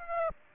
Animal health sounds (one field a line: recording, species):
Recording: mosquito wingbeat signal from an infrared sensor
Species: Aedes aegypti